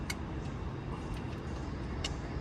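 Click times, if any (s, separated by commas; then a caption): 2.0 s. A click-type torque wrench set to 10 lb tightens an engine bolt on the air-cooled engine of a 1976 VW Baja by the side of the road, over a steady low roadside rumble. A short sharp tick comes at 0.1 s, and the wrench gives its sharp click at 2.1 s, confirming the 10 lb setting has been reached.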